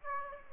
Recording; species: mosquito wingbeat signal from an infrared sensor; Aedes albopictus